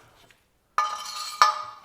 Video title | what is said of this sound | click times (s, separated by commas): Restoring a Coleman Easi-lite Barbecue | when you hear that snap, that means it's locked into the slot. | 0.8 s